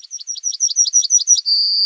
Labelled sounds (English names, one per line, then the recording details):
Yellowhammer song
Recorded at under 5 m from the bird
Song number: 149